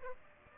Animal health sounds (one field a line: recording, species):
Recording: mosquito wingbeat signal from an infrared sensor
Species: Aedes aegypti